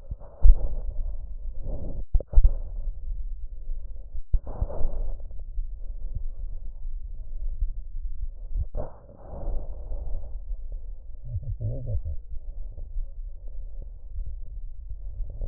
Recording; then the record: lung sounds by stethoscope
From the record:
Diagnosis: emphysema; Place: left posterior upper chest